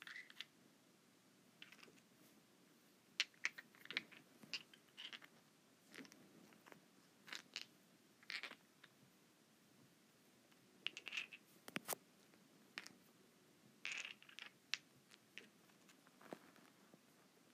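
Rocks rub and scrape against each other in short, irregular bursts of gritty scratching, some brief and clicky, others drawn out for about a second. A few sharper knocks stand out around 3, 11 and 14 seconds over a low, steady rumble underneath.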